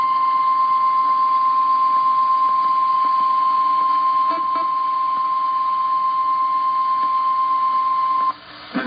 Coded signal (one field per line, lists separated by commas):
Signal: Emergency Alert System (SAME) tones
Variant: 1050 Hz attention tone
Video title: Severe Thunderstorm Warning | EAS #136